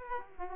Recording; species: mosquito wingbeat signal from an infrared sensor; Aedes aegypti